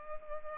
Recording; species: mosquito wingbeat signal from an infrared sensor; Culex pipiens